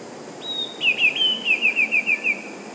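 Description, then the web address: Eurasian blue tit singing a single phrase: one long high thin note, then a rapid string of eight or so short falling notes. "wroblowe teka 2 spiew. wroblowe teka modraszkoteka"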